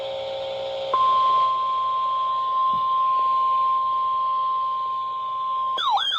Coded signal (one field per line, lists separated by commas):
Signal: Emergency Alert System (SAME) tones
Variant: 1050 Hz attention tone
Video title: SMW | EAS #956